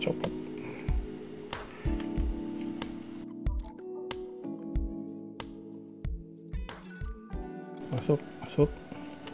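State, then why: Not seated. A replacement heating element's wire connector is handled at its socket on a soldering iron's circuit board while music plays underneath and someone talks. Soft, evenly spaced taps and knocks sound over the music, but the connector has not clicked or seated yet.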